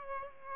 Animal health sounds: mosquito wingbeat signal from an infrared sensor; Aedes aegypti

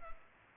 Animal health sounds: mosquito wingbeat signal from an infrared sensor; Culex pipiens

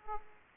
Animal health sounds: mosquito wingbeat signal from an infrared sensor; Aedes aegypti

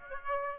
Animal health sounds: mosquito wingbeat signal from an infrared sensor; Aedes aegypti

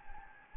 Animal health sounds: mosquito wingbeat signal from an infrared sensor; Anopheles gambiae

